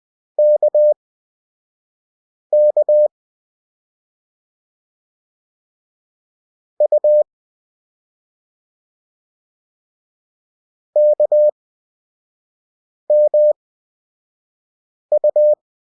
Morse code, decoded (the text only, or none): KK U KMU